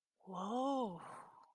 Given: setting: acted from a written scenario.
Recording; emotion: vocal sound without words; awe